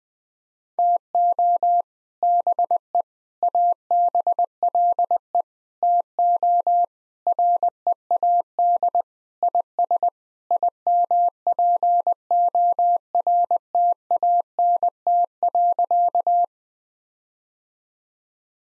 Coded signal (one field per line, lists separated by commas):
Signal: Morse code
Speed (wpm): 20 wpm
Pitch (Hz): 700 Hz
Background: none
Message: TO BE ABLE TO READ IS IMPORTANT.